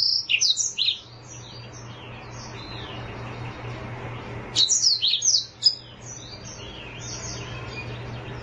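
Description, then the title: Oriental magpie-robin song: two bursts of bright, varied whistles and chirps, each about a second long, separated by a pause, over a faint steady hum. "Kicau Kacer"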